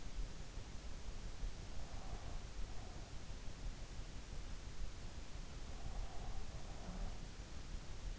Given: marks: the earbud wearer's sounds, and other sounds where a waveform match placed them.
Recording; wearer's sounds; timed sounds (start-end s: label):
sounds in sleep by an in-ear microphone; breath
1.65-3.40 s: breath
5.63-7.29 s: breath